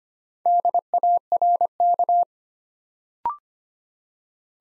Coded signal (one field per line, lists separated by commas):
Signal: Morse code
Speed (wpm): 25 wpm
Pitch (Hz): 700 Hz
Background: none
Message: DARK